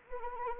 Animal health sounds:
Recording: mosquito wingbeat signal from an infrared sensor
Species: Anopheles arabiensis

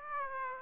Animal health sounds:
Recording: mosquito wingbeat signal from an infrared sensor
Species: Aedes aegypti

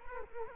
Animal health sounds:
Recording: mosquito wingbeat signal from an infrared sensor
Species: Culex quinquefasciatus

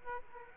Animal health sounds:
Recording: mosquito wingbeat signal from an infrared sensor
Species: Aedes aegypti

